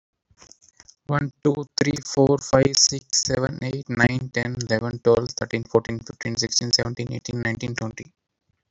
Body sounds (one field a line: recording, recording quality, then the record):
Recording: counting at a fast pace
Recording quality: excellent, no background noise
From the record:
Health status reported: healthy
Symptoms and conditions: none ticked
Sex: male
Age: 31 years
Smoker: not ticked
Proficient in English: yes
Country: India